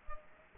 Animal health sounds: mosquito wingbeat signal from an infrared sensor; Culex quinquefasciatus

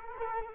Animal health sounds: mosquito wingbeat signal from an infrared sensor; Culex quinquefasciatus

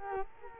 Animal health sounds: mosquito wingbeat signal from an infrared sensor; Culex quinquefasciatus

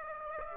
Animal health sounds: mosquito wingbeat signal from an infrared sensor; Aedes aegypti

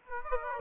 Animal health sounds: mosquito wingbeat signal from an infrared sensor; Aedes aegypti

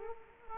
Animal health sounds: mosquito wingbeat signal from an infrared sensor; Culex quinquefasciatus

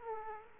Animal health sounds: mosquito wingbeat signal from an infrared sensor; Aedes aegypti

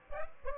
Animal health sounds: mosquito wingbeat signal from an infrared sensor; Aedes aegypti

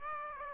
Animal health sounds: mosquito wingbeat signal from an infrared sensor; Aedes aegypti

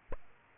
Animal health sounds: mosquito wingbeat signal from an infrared sensor; Aedes aegypti

